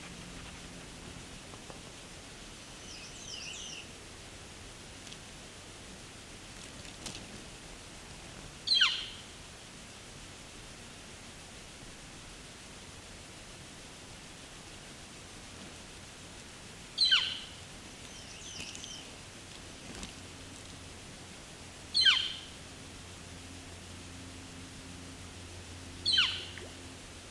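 Birds call at a slow, unhurried pace against a quiet, steady hiss in Bruce Peninsula National Park, Ontario. Bright, sweeping calls come every few seconds, near 9, 17, 22 and 26 seconds, with fainter high chirps between them and a soft low hum beneath.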